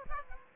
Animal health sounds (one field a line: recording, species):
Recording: mosquito wingbeat signal from an infrared sensor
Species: Aedes aegypti